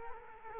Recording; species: mosquito wingbeat signal from an infrared sensor; Culex quinquefasciatus